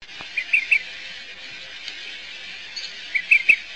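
Olive-sided flycatcher calls, two bursts of three short chirps near the start and end, over a steady high insect-like hiss.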